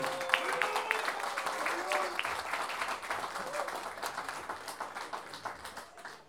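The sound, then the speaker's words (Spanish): Sustained audience applause at a payadores tournament, a dense steady wash of many hands clapping with a few voices and cheers mixed in, holding strong for several seconds before gradually tapering off at the end. “Gracias y un aplauso primero que nada para ustedes por estar acá.”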